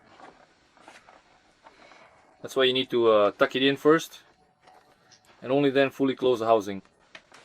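The plastic motor housing halves of a vacuum cleaner are handled as the cover is brought toward closing over the motor. Someone talks while faint handling knocks and rustles come through, with a sharper tap near the end at about 7.2 s. Nothing has seated or clicked yet; the housing is not yet fully closed.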